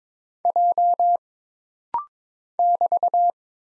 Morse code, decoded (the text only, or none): J <BT>